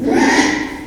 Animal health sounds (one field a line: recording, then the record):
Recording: squeal of a Yucatan mini pig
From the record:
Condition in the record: after surgery on the right vocal fold (resection and tissue-engineered implant)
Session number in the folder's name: 4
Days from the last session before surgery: 42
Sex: male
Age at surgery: 12 weeks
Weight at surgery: 13 kg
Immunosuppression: cyclosporine, prednisolone